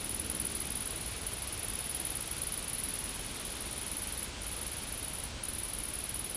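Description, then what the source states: Insect call, a constant high-pitched shrill buzz with two short pauses late on, over quiet low background noise. Insects recorded in a field.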